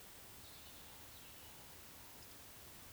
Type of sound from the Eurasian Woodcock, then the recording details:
whistle, croak. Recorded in Baden-Württemberg, Germany, on 19 June 2020 at 19:47 UTC. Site 49006, 684 m above sea level